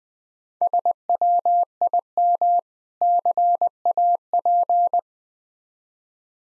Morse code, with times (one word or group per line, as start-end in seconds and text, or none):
0.6-2.6 SWIM
3.0-5.0 CAP